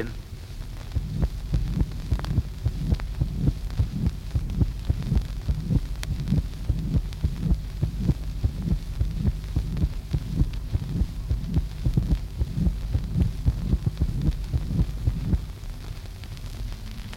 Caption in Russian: На легочной артерии в результате ее сужения выслушивается скребущий систолический шум, покрывающий первый тон.